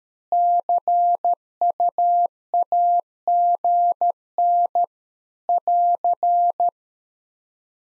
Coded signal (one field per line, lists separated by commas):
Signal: Morse code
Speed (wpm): 13 wpm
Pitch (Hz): 700 Hz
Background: none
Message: CUAGN <AR>